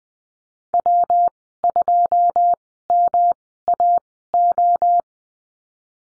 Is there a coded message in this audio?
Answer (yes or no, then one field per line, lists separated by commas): yes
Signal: Morse code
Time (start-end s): 0.7-5.0 s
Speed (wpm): 20 wpm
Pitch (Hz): 700 Hz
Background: none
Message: W2MAO